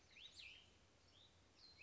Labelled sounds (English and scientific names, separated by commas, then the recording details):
Cassin's Vireo (Vireo cassinii)
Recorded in Sonoma County, California